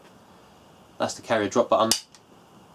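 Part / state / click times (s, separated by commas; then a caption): hammer engaging via the carrier drop button in a semi-automatic shotgun action / seated / 2.1 s. Someone talks briefly, then the carrier drop button is pressed on a Benelli Super Sport semi-automatic shotgun, engaging the steel hammer. A small, sharp click at 2.2 s shows the hammer seating into the cocked position, meaning the gun is ready to fire. The safety is on and the gun is not loaded.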